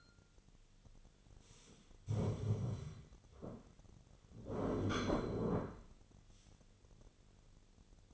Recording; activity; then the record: daily activity, microphone in the room; stand up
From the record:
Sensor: 4